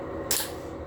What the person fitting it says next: Okay, those were the clicks you heard. That means your drill is currently locked and set.